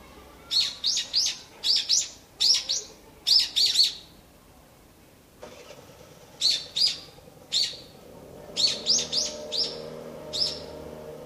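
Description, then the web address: Evening cicada song, a rapid run of ringing high pulses in quick groups, pausing briefly before another series of bright, clipped notes. "kanakana hiyo"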